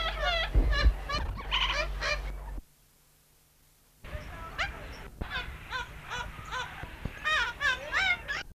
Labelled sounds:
Horned Parakeet call

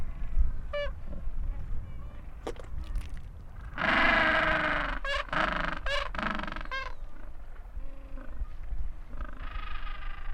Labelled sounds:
Gentoo Penguin call

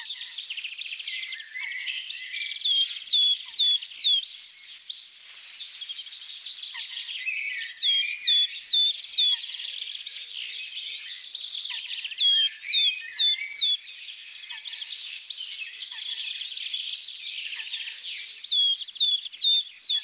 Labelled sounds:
Willow Tit song

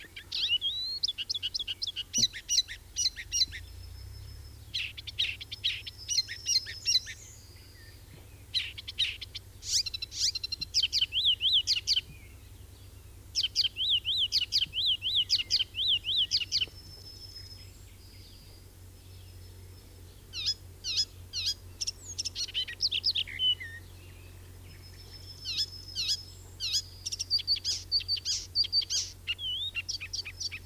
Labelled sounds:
Icterine Warbler song

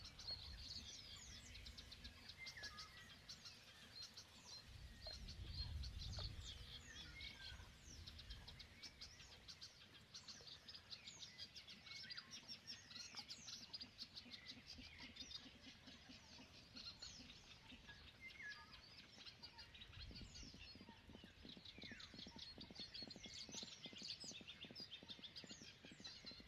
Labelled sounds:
Great Bittern

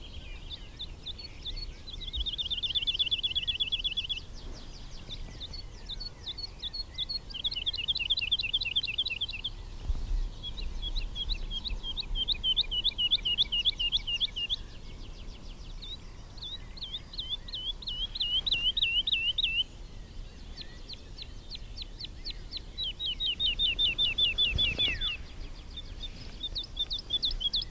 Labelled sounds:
Wood Lark flight song

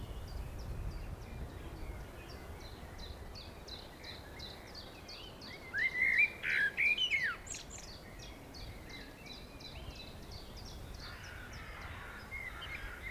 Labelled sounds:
Common Blackbird song

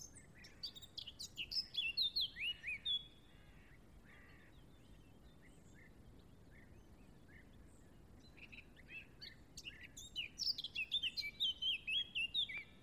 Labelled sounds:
Eurasian Blackcap song

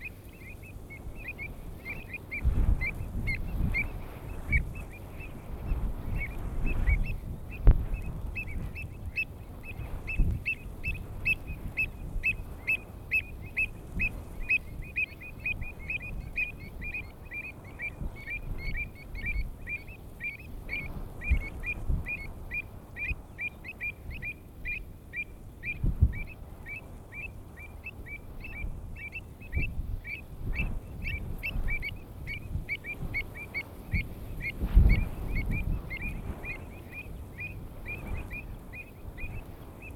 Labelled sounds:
Pied Avocet call

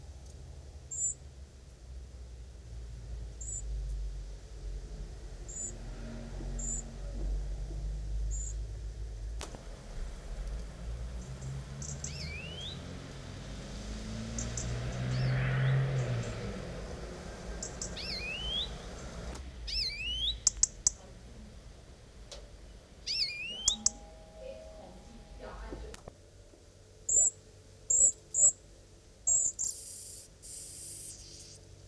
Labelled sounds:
European Greenfinch call

